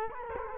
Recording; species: mosquito wingbeat signal from an infrared sensor; Culex quinquefasciatus